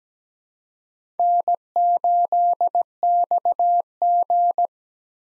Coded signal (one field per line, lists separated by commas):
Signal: Morse code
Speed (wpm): 17 wpm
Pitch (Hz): 700 Hz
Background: none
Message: N8XG